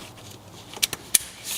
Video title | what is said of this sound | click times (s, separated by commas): VW Golf GTI RaceChip Tuning Installation - Golf R - Audi S3 | stick it right into the sensor that we just removed until you snaps | 0.8 s, 1.1 s